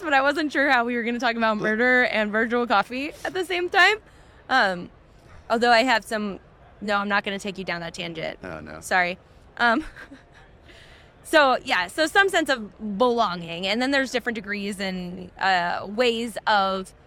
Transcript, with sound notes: But I wasn't sure how we were gonna talk about murder and Virtual Coffee at the same time. Although I have some -- no. I'm not gonna take you down that tangent.
Oh, no.
Sorry. [chuckles] So, yeah. So, some sense of belonging. And then there's different degrees and ways of...